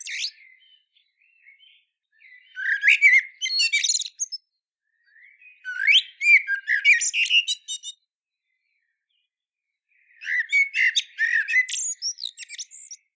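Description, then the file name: Eurasian blackbird song: the tail of one phrase, then three phrases separated by pauses of about one to two seconds, each a low fluty warble ending in rapid high-pitched twittering and squeaks. "Turdus merula"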